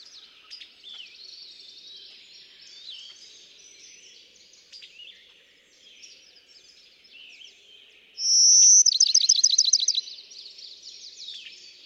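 Bachman's sparrow gives a single bright whistle and then a fast, ringing trill near the end, after several seconds of quieter songbird chatter.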